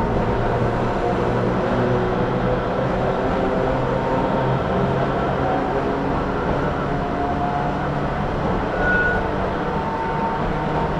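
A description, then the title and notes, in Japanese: A ride on the Yokkaichi Asunarou Railway from Hinaga toward Utsube, heard as a steady, dense rumble of the moving train with low droning tones underneath. The noise stays even throughout, with a few faint brief whines around the ninth second. 四日市あすなろう鉄道 日永→内部。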